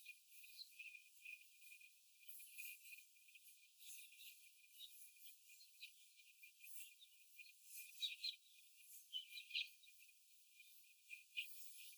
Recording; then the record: young laying hens in a cage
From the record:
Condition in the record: after the stressor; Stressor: simulated dog barking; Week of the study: 4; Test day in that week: 1